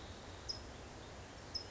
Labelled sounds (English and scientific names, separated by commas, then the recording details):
California Towhee (Melozone crissalis)
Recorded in Sonoma County, California